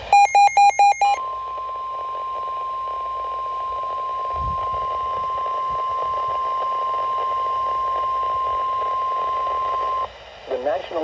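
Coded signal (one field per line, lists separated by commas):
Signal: Emergency Alert System (SAME) tones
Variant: 1050 Hz attention tone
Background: speech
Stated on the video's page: Flash Flood Warning for Middlesex County, New Jersey.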